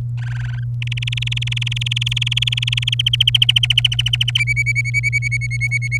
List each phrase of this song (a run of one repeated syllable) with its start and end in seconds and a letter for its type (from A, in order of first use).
0.18-0.64 A, 0.82-2.94 B, 2.99-4.31 C, 4.35-5.98 D